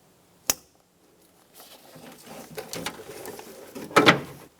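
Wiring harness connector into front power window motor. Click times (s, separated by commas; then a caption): 0.5 s. A plastic wiring harness connector is pushed onto the new front power window motor of a 2012-2016 Subaru Impreza and latches with a single sharp click at 0.5 s, showing it is seated. Afterward comes a stretch of softer handling and rattling noises, with a louder clatter near 4.1 s.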